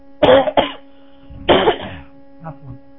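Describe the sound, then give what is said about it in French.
Two sharp coughs in quick succession, a pause, then a harsher, longer cough burst, followed by a faint throat-clearing sound at the end. “Je remarque que plus je parle, plus j'ai la toux.”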